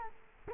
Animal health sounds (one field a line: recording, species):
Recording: mosquito wingbeat signal from an infrared sensor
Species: Culex quinquefasciatus